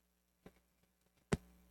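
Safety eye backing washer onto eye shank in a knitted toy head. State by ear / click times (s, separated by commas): seated / 1.3 s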